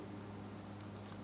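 A door lock electrical connector on a 2003-2007 Cadillac CTS front door is lined up and pressed toward the door lock switch, with faint handling over a steady low hum. A brief sharp sound comes right at the end, around 1.2 s. The clip ends before the connector goes home, and nothing has seated or clicked yet.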